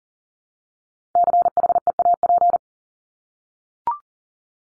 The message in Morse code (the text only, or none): CHEAP